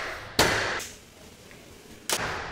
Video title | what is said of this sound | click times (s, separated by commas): Next G3N Rolling Bench Installation STEP 7: Tray Installation | you lift from the middle they'll snap right in | 0.4 s